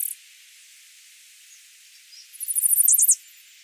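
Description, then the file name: Chestnut-sided warbler delivering a single brisk, high series of rapid notes closing with a few accented slurred notes. "Setophaga pensylvanica - Chestnut-sided Warbler"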